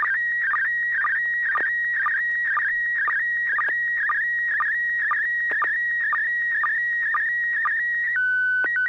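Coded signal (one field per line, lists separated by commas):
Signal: SSTV (slow-scan television)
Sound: warbling high tone near 1.9 kHz with regular short low blips, steady tones at end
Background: low hum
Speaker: i got a very clear of uh your yard andres i'm sorry to say that somebody's been spray painting graffiti on your fence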